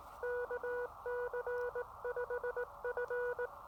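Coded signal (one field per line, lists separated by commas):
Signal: Morse code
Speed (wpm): 18 wpm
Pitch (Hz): 490 Hz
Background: none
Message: KC5F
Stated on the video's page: Elecraft KX2 with a Chameleon MPAS 2.0 antenna on a state park activation.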